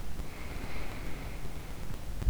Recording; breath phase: one breath near a microphone; inhalation